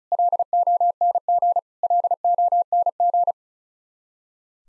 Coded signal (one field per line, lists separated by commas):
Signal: Morse code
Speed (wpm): 36 wpm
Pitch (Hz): 700 Hz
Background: none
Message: LONG LONG